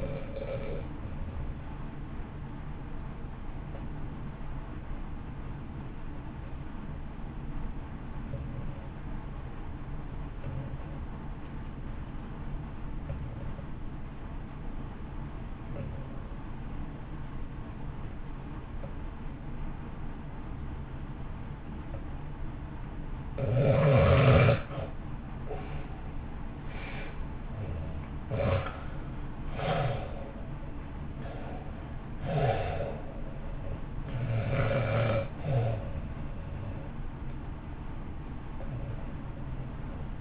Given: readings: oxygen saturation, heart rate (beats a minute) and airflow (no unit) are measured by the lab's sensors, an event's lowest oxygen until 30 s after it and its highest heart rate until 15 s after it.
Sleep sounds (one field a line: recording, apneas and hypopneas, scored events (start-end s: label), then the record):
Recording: breathing in sleep by a smartphone at the bedside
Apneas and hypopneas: 1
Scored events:
7.00-27.50 s: obstructive apnea (REM, oxygen 92% highest, then 71% lowest, heart rate 55 at the start, 68 highest)
From the record:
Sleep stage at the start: REM sleep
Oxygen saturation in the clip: 79 to 93%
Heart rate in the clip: 53 to 68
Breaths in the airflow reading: 5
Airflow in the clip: -1.2 to 1.6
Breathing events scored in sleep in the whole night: 328 in 6.3 hours asleep